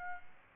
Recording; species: mosquito wingbeat signal from an infrared sensor; Aedes aegypti